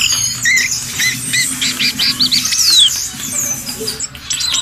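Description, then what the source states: Bird chorus of high, repeated chirps and short whistled phrases, with a clear descending slurred whistle among the steady twittering of several birds. Birdsong chorus used for training pet birds to sing.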